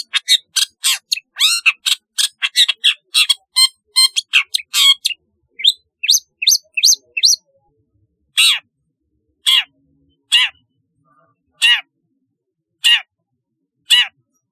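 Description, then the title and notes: Long-tailed shrike singing a rapid, tumbling run of sharp high chirps for about seven seconds, then single downslurred notes spaced roughly a second apart. "Kicau Burung Cendet"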